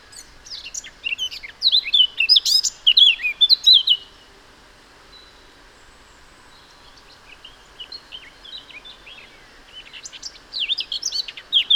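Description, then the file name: Eurasian blackcap sings a quick, varied warble of high twisting notes for about four seconds, then falls quiet before a softer phrase returns near the end. "Sylvia atricapilla"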